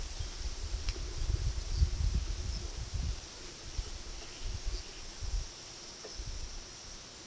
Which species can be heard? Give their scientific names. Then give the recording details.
none. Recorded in pastures near Puerto Asís, Putumayo, Colombia, on 21 February 2024 at 11:00. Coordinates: 0.468, -76.328. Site G6414